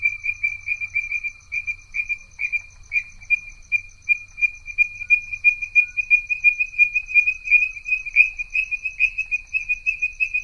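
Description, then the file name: Tree frog calling, a fast run of short clicking notes repeated about three times a second, steady and unbroken throughout, with faint higher overtones. "meintein tree frog"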